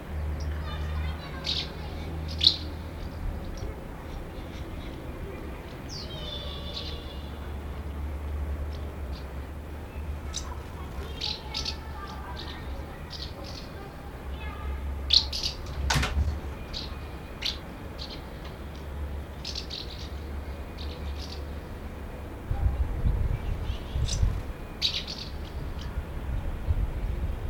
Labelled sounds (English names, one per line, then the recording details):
Common House Martin call
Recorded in the wild
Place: Berlin, DE
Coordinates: 52.537, 13.605
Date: 1989-07-11 10:30
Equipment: Nagra III BH, Sennheiser MD 21, parabola
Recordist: Schubert, Michael